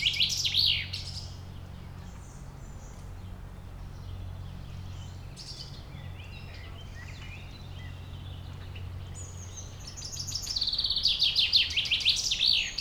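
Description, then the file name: Common chaffinch, a loud descending trilled phrase at the start, scattered high chirps in between, and another fast repeated-note phrase near the end, with a constant low rumble behind. "Fringilla coelebs"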